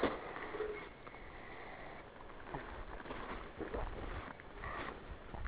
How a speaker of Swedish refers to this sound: Andas tungt. Flåsar. Ingen fara.